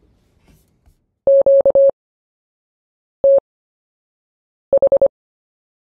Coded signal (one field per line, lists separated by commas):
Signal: Morse code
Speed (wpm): 25 wpm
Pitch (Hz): 550 Hz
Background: none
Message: QTH